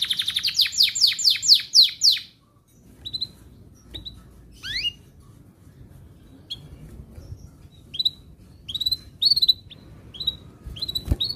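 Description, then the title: Atlantic canary song opening with a fast trill of sweeping high notes for about two seconds, then scattered sharp chirps and short bright notes over a low hum. Canary described as gacor, singing actively, with its best cengkok melodic song turns and the most lavish isian song fill. "Kenari Gacor Cengkok Terbaik Isian Paling Mewah"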